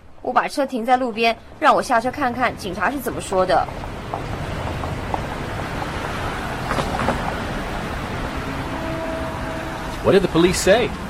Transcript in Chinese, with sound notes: 我把车停在路边，让我下车看看警察怎么说。
(Sound of street and talking) What did the police say?